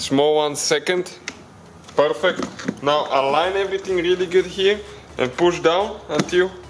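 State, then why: Not seated. Someone talks while lining up a master window switch panel on a Dodge Journey (Fiat Freemont) and pushing it down into the plastic door armrest trim. Only speech and faint handling are heard, and nothing has seated or clicked yet.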